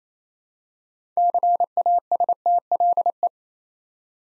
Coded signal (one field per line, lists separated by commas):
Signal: Morse code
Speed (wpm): 29 wpm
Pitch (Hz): 700 Hz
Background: none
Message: CASTLE